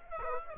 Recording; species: mosquito wingbeat signal from an infrared sensor; Aedes aegypti